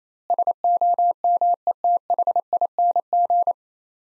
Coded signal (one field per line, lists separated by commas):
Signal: Morse code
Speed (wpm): 28 wpm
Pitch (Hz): 700 Hz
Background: none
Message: SOMETHING